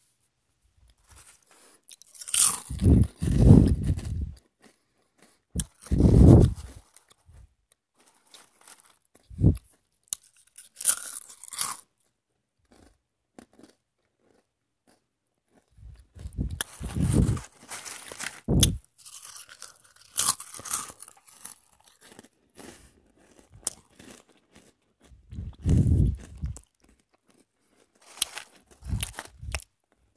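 Someone is eating, with loud crunchy bites and chewing coming in bursts separated by quiet pauses. The strongest crunches land around 3, 6, 17, 26 and 29 seconds, with softer chewing and small clicks in between.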